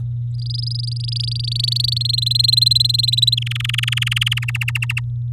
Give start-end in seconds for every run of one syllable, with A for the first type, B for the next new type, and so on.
0.34-1.98 A, 2.00-3.35 B, 3.37-4.39 C, 4.42-5.00 D